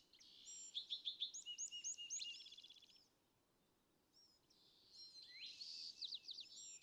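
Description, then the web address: California thrasher song: quick run of repeated chattering notes, a pause, then more varied whistled phrases over background hiss. "birdsongforthecurious California Thrasher"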